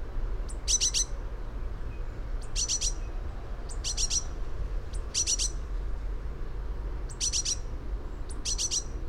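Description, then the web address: Eurasian blue tit giving short clusters of very high, thin notes, repeated about every one to two seconds, over a steady low rumble. "fugl b-mejse"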